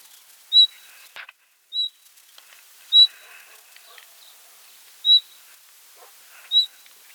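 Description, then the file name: Common nightingale giving clear, high, pure whistled notes at uneven intervals of one to two seconds against quiet surroundings. "Luscinia megarhynchos"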